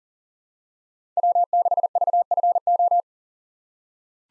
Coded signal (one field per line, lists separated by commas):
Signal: Morse code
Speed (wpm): 40 wpm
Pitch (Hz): 700 Hz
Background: none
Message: W6VFO